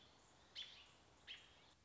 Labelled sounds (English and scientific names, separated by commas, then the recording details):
American Robin (Turdus migratorius)
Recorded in Sonoma County, California